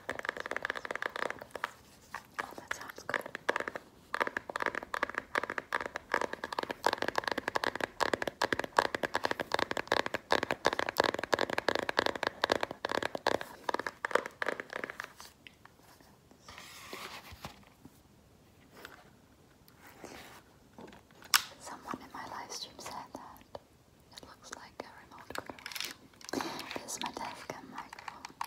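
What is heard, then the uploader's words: Rapid, hard fingernail tapping comes in a dense stream of sharp clicks that runs nearly without pause for the first fifteen seconds. After that the tapping thins into sparser, uneven bursts with brief quiet gaps, then picks up again toward the end. FAST AND AGGRESSIVE NAIL TAPPING.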